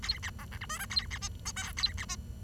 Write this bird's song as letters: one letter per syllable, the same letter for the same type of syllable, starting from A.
A B C D E F G A B H I J A B H